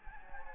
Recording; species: mosquito wingbeat signal from an infrared sensor; Anopheles gambiae